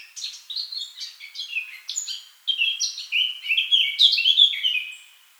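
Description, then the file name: Eurasian blackcap singing a fast chattering warble that breaks into loud, rich whistled notes, phrases tumbling up and down for about five seconds before fading. "Sylvia atricapilla"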